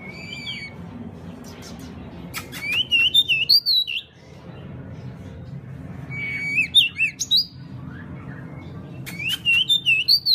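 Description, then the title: Pied bushchat song in a few phrases, each a harsh rattling burst followed by bright looping whistles, over a low steady hum. "MASTERAN BURUNG DECU"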